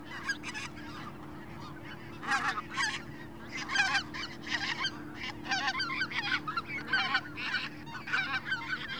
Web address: GDC 2016-Game Audio Bundle Shaping Waves - WENDLAND AUTUMN Wendland Autumn Open Field Big Goose Swarm Passing Overhead Light Wind